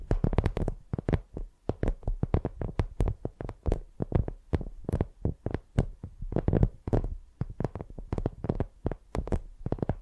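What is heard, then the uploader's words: Microphones are tapped and dragged like pencils, making a rapid, uneven run of knocks, several each second for the whole stretch. Each hit has a deep thump under a crisp, clicky top, with short softer rubs between the harder strikes. No voice is heard. ASMR Using Mics as Pencils (No Talking).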